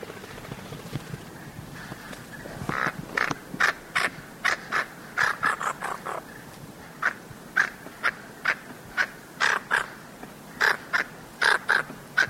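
Blue-banded toucanet giving harsh, raspy croaks that start faintly, then grow stronger and repeat in quick, uneven runs.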